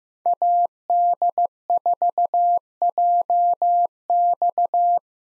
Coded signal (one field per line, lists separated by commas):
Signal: Morse code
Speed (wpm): 15 wpm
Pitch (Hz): 700 Hz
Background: none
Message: AD4JX